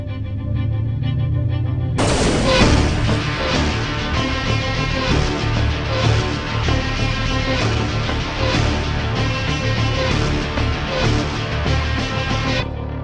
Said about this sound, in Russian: Из гипера вырвалась могучая волна энергии. Она стала распространяться подобно мощному взрыву.